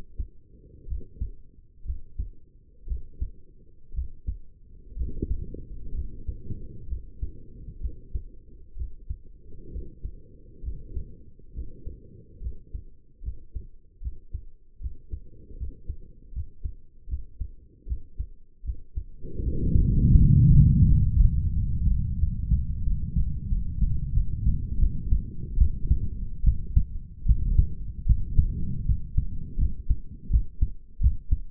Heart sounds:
heart sounds by stethoscope; 74 bpm
0.88 s: heartbeat
1.85 s: heartbeat
2.87 s: heartbeat
3.94 s: heartbeat
4.96 s: heartbeat
5.94 s: heartbeat
6.88 s: heartbeat
7.81 s: heartbeat
8.76 s: heartbeat
9.71 s: heartbeat
10.63 s: heartbeat
11.53 s: heartbeat
12.41 s: heartbeat
13.23 s: heartbeat
14.01 s: heartbeat
14.80 s: heartbeat
15.57 s: heartbeat
16.33 s: heartbeat
17.08 s: heartbeat
17.87 s: heartbeat
18.64 s: heartbeat
19.43 s: heartbeat
20.17 s: heartbeat
20.87 s: heartbeat
21.53 s: heartbeat
22.18 s: heartbeat
22.83 s: heartbeat
23.48 s: heartbeat
24.12 s: heartbeat
24.79 s: heartbeat
25.58 s: heartbeat
26.44 s: heartbeat
27.26 s: heartbeat
28.06 s: heartbeat
28.86 s: heartbeat
29.58 s: heartbeat
30.30 s: heartbeat
31.00 s: heartbeat
From the record:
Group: healthy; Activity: rest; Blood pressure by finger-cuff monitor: 114/83 mmHg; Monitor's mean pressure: 90 mmHg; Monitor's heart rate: 76 bpm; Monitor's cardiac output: 5.4 L/min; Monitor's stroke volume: 74 mL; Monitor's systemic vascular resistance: 1220 dyn s/cm5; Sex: male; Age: 21 years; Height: 170 cm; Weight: 71 kg

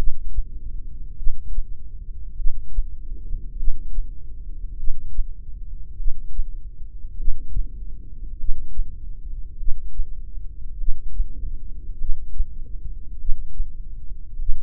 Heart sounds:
heart sounds by microphone in the left ear; 50 bpm
1.18 s: heartbeat
2.38 s: heartbeat
3.59 s: heartbeat
4.79 s: heartbeat
5.99 s: heartbeat
7.19 s: heartbeat
8.40 s: heartbeat
9.59 s: heartbeat
10.80 s: heartbeat
12.00 s: heartbeat
13.20 s: heartbeat
14.40 s: heartbeat
From the record:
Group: heart failure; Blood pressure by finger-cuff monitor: 114/62 mmHg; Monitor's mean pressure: 80 mmHg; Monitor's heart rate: 50 bpm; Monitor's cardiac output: 4.6 L/min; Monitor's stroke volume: 92 mL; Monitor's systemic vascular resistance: 1260 dyn s/cm5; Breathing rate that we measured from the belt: 15 breaths a minute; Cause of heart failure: cardiac sarcoid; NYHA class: 1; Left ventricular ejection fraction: 39%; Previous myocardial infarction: absent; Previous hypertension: absent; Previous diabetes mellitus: absent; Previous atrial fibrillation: present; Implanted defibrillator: present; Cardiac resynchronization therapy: absent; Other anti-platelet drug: absent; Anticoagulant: apixaban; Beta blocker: carvedilol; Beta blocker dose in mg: 50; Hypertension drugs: ramipril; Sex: male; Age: 79 years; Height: 184 cm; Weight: 92.5 kg

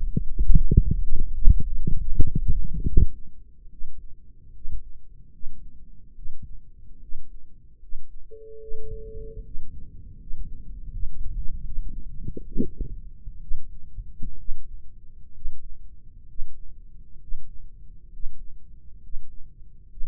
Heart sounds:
heart sounds by microphone in the right ear; 70 bpm
0.27 s: heartbeat
1.11 s: heartbeat
1.98 s: heartbeat
2.84 s: heartbeat
3.69 s: heartbeat
4.52 s: heartbeat
5.31 s: heartbeat
6.14 s: heartbeat
6.99 s: heartbeat
7.79 s: heartbeat
8.59 s: heartbeat
9.42 s: heartbeat
10.17 s: heartbeat
10.89 s: heartbeat
11.63 s: heartbeat
12.44 s: heartbeat
13.40 s: heartbeat
14.37 s: heartbeat
15.32 s: heartbeat
16.26 s: heartbeat
17.18 s: heartbeat
18.09 s: heartbeat
18.99 s: heartbeat
19.87 s: heartbeat
From the record:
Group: healthy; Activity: rest 0-9 s, breath hold 9-20 s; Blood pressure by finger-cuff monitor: 93/59 mmHg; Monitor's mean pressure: 68 mmHg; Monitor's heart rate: 71 bpm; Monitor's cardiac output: 5.6 L/min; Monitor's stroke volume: 78 mL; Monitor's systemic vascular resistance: 850 dyn s/cm5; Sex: female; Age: 22 years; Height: 163 cm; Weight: 67.1 kg

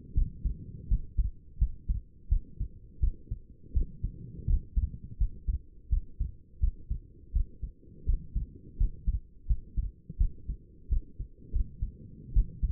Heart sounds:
heart sounds by stethoscope; 84 bpm
0.14 s: heartbeat
0.88 s: heartbeat
1.59 s: heartbeat
2.29 s: heartbeat
3.00 s: heartbeat
3.74 s: heartbeat
4.47 s: heartbeat
5.18 s: heartbeat
5.90 s: heartbeat
6.60 s: heartbeat
7.33 s: heartbeat
8.06 s: heartbeat
8.78 s: heartbeat
9.47 s: heartbeat
10.18 s: heartbeat
10.89 s: heartbeat
11.52 s: heartbeat
12.33 s: heartbeat
From the record:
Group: healthy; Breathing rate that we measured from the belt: 16 breaths a minute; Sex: female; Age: 37 years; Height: 168 cm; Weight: 70 kg

